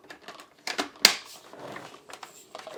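Someone talks while pressing the white release button on a Lupe Pure cordless vacuum cleaner and pulling the handle out of the vacuum body. Soft handling rustles lead to a sharp, loud click at 1.0 s as the handle releases. Quieter handling sounds follow.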